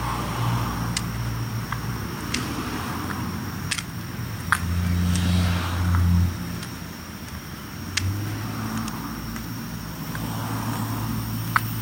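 A summer night walk, with a steady low rumble of passing traffic underneath throughout. An engine swells louder around 4.5 to 6.5 seconds and again near 8 seconds. Sharp clicks and ticks pop out every second or two, with faint talking in the background.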